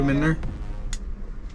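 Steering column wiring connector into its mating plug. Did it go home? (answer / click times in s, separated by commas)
yes / 0.9 s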